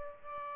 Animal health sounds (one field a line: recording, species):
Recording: mosquito wingbeat signal from an infrared sensor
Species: Aedes albopictus